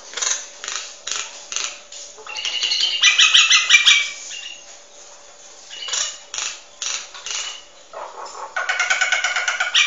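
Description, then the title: Nias hill myna song: rapid scratchy rattles and buzzy notes mixed with short clear whistles, rising and falling in loudness through a busy varied stream. Song bird singing loudly and continuously, recorded for training other birds to copy its song. "Burung Jalak Nias Gacor Suara Super Gledek Untuk Masteran"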